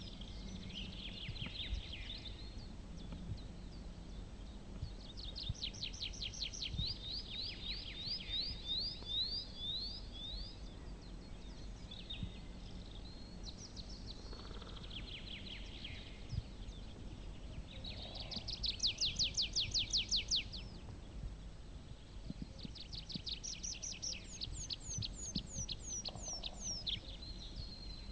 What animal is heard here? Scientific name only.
Anthus trivialis